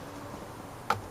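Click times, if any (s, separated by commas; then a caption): 0.9 s. During a clock spring change on a Hyundai i20 MK1 to fix a B1346 fault code, a wiring connector is pushed with both hands into the clock spring / steering column socket. After quiet low background noise, a single sharp, short click sounds at 0.9 s. The connector is seated and won't fall out.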